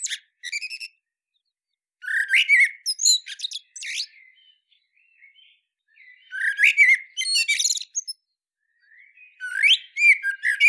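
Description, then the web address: Common blackbird repeating song phrases at intervals of a few seconds, each a short low warble with high, scratchy twittering notes. "SETE data Turdus merula"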